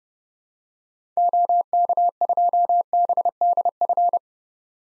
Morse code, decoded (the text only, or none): OK2BDF